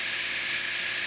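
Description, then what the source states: Yellow-rumped warbler flight call: one very brief, thin, high-pitched tsip note over a steady background hiss. Nocturnal flight call, given in flight at night.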